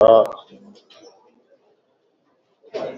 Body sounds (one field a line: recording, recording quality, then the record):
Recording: deep breathing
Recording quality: poor, much background noise or distortion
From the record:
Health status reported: COVID-19 positive, mild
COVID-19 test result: positive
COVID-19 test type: RT-PCR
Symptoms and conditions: cough, cold, breathing difficulty, fever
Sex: male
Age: 34 years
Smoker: no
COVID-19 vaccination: both doses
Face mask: worn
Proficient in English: yes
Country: India